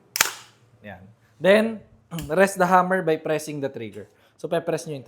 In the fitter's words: Pag pag pinindot niyo yan, mababalik na siya.